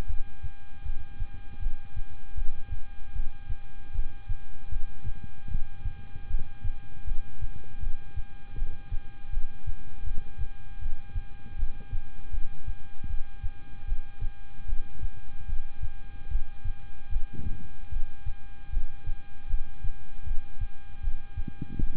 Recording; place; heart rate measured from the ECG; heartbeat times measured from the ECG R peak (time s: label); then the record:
heart sounds by stethoscope; between the tricuspid and mitral areas; 77 bpm
0.07 s: heartbeat
0.83 s: heartbeat
1.59 s: heartbeat
2.35 s: heartbeat
3.13 s: heartbeat
3.92 s: heartbeat
4.69 s: heartbeat
5.48 s: heartbeat
6.27 s: heartbeat
7.05 s: heartbeat
7.80 s: heartbeat
8.55 s: heartbeat
9.30 s: heartbeat
10.04 s: heartbeat
10.79 s: heartbeat
11.56 s: heartbeat
12.31 s: heartbeat
13.07 s: heartbeat
13.85 s: heartbeat
14.66 s: heartbeat
15.46 s: heartbeat
16.28 s: heartbeat
17.09 s: heartbeat
17.89 s: heartbeat
18.70 s: heartbeat
19.47 s: heartbeat
20.24 s: heartbeat
21.00 s: heartbeat
21.76 s: heartbeat
From the record:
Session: rest, lying down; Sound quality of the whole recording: good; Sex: male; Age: 26 years